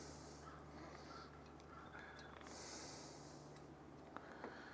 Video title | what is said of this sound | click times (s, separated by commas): How to Replace the Brake Pads on a Cayenne Turbo S! | And they just snap right in. | 4.2 s